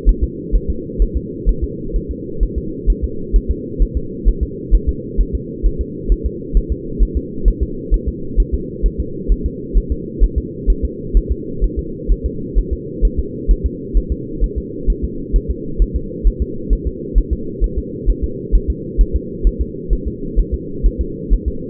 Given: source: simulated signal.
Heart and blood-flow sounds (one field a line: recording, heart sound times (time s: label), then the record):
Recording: fetal heart sounds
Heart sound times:
0.09 s: S1
0.24 s: S2
0.55 s: S1
0.70 s: S2
1.02 s: S1
1.17 s: S2
1.49 s: S1
1.64 s: S2
1.96 s: S1
2.11 s: S2
2.43 s: S1
2.58 s: S2
2.90 s: S1
3.04 s: S2
3.36 s: S1
3.51 s: S2
3.82 s: S1
3.97 s: S2
4.28 s: S1
4.43 s: S2
4.74 s: S1
4.89 s: S2
5.20 s: S1
5.35 s: S2
5.66 s: S1
5.81 s: S2
6.12 s: S1
6.26 s: S2
6.57 s: S1
6.72 s: S2
7.02 s: S1
7.17 s: S2
7.48 s: S1
7.63 s: S2
7.94 s: S1
8.08 s: S2
8.40 s: S1
8.54 s: S2
8.86 s: S1
9.00 s: S2
9.32 s: S1
9.46 s: S2
9.77 s: S1
9.92 s: S2
10.23 s: S1
10.38 s: S2
10.70 s: S1
10.85 s: S2
11.17 s: S1
11.32 s: S2
11.64 s: S1
11.79 s: S2
12.11 s: S1
12.26 s: S2
12.58 s: S1
12.73 s: S2
13.05 s: S1
13.19 s: S2
13.51 s: S1
13.66 s: S2
13.97 s: S1
14.12 s: S2
14.44 s: S1
14.58 s: S2
14.90 s: S1
15.04 s: S2
15.36 s: S1
15.51 s: S2
15.82 s: S1
15.96 s: S2
16.27 s: S1
16.42 s: S2
16.73 s: S1
16.87 s: S2
17.18 s: S1
17.33 s: S2
17.64 s: S1
17.78 s: S2
18.10 s: S1
18.24 s: S2
18.55 s: S1
18.70 s: S2
19.01 s: S1
19.16 s: S2
19.47 s: S1
19.61 s: S2
19.93 s: S1
20.08 s: S2
20.39 s: S1
20.54 s: S2
20.86 s: S1
21.01 s: S2
21.33 s: S1
21.48 s: S2
From the record:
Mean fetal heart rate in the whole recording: 130 bpm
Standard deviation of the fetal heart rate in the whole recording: 2 bpm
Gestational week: 36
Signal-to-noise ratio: -4.3 dB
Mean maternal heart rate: 72 bpm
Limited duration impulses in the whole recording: absent